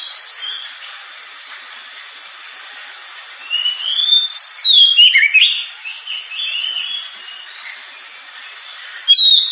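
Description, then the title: Oriental magpie-robin song: sweeping whistles and harsh notes rising out of a steady hiss, loudest midway, with a sharp final phrase. Loud, sharp 'gacor' (constantly singing) kacer song, described as suited for use as 'pancingan' to prompt other birds to sing. "Kacer Gacor Suara Tajam. Kacer Gacor Suara Super Kenceng Cocok untuk Pancingan"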